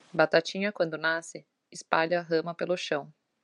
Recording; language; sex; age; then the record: short text; Brazilian Portuguese; female; 20 to 29 years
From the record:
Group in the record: control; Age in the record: 25 years